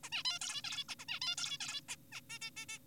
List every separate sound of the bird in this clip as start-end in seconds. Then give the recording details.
0.04-0.10, 0.12-0.23, 0.25-0.39, 0.42-0.62, 0.64-0.84, 0.89-0.95, 0.99-1.05, 1.08-1.20, 1.22-1.36, 1.38-1.58, 1.60-1.81, 1.89-1.96, 2.12-2.21, 2.30-2.39, 2.42-2.50, 2.57-2.66, 2.69-2.79. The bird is an adult. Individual g4p5U